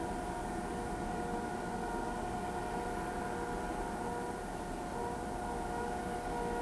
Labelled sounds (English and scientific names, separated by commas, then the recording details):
none
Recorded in pastures near Pivijay, Magdalena, Colombia, on 13 April 2023 at 18:00
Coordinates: 10.456, -74.369
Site P6-G026